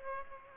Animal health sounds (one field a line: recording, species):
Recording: mosquito wingbeat signal from an infrared sensor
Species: Aedes aegypti